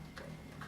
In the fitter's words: and we slide it shut and it just snaps into place